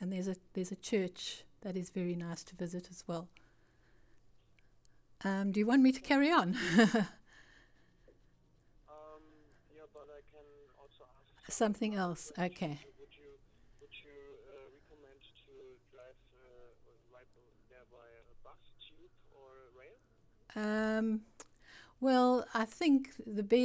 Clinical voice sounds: conversation on a phone call; English; 0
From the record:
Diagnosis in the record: Parkinson's disease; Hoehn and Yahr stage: 2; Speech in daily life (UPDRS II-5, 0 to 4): 0

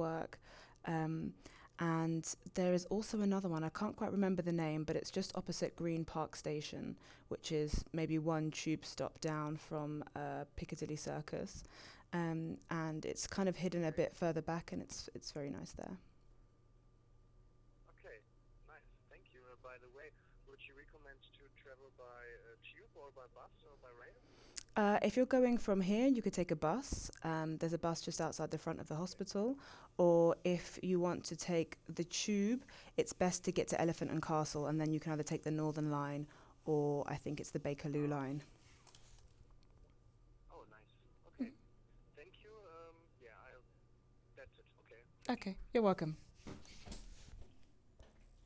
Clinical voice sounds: conversation on a phone call; English; 0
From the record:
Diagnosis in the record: healthy control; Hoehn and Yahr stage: 0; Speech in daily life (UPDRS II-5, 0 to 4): 0

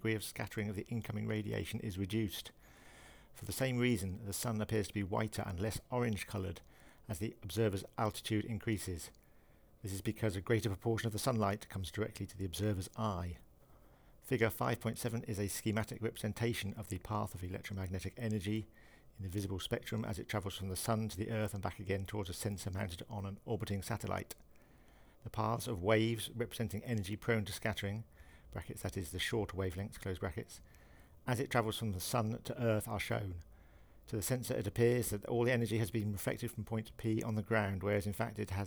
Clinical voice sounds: text read into a phone; English; 1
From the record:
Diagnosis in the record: Parkinson's disease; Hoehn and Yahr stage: 2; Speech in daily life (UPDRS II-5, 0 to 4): 0

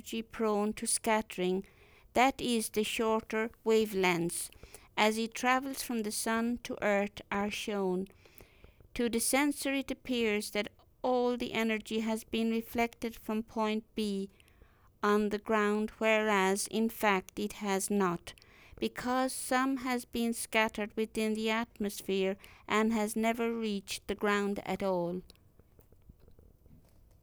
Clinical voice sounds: text read into a phone; English; 1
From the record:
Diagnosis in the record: healthy control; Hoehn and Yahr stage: 0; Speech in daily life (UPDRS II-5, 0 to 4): 1

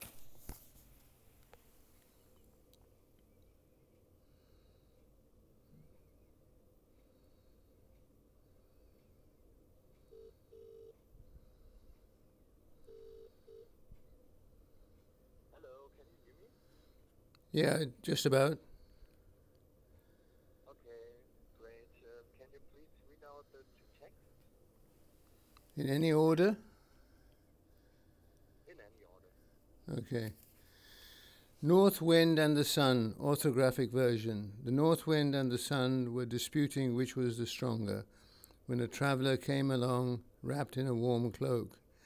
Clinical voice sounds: text read into a phone; English; 1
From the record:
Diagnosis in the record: Parkinson's disease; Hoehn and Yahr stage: 3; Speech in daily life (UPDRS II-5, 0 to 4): 1

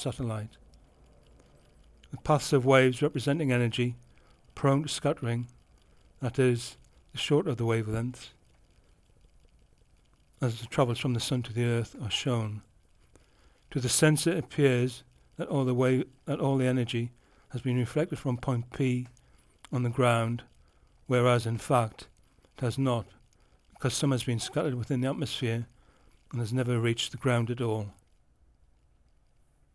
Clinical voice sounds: text read into a phone; English; 1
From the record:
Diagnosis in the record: Parkinson's disease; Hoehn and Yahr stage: 3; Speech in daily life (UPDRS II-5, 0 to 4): 0

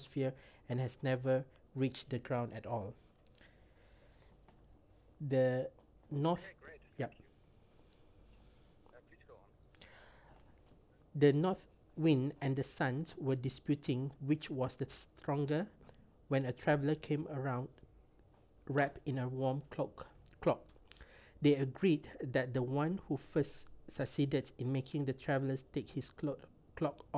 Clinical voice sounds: text read into a phone; English; 0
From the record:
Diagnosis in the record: healthy control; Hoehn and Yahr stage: 0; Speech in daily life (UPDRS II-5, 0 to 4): 0

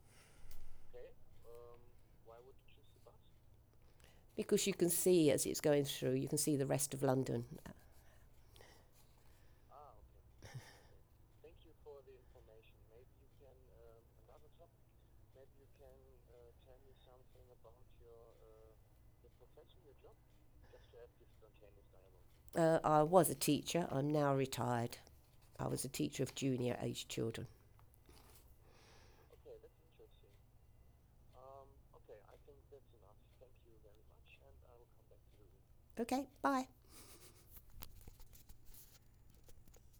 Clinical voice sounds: conversation on a phone call; English; 0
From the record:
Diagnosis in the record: healthy control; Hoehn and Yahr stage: 0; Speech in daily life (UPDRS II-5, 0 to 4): 0

